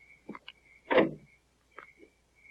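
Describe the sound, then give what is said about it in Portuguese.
A door being opened: a couple of small clicks, then one loud rattling clunk of the latch and a few faint knocks afterward, all over a steady thin high-pitched whine. “Sergent, ouvre a porta.”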